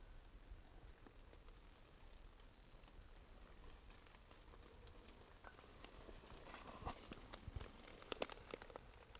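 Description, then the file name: Pumpkin toadlet producing a trio of short, shrill chirps roughly half a second apart, then faint hiss and soft ticks. Recorded at Entroncamento, Teba, in January 2020, with the frog 20 cm from the microphone. "MHNCI Brachycephalus sulfuratus Entroncamento Teba 20 cm from microphone LFR JAN-2020"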